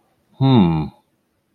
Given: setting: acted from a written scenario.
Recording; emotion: vocal sound without words; interest